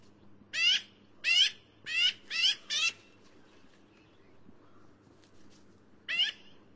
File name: canto do Pica hudsonia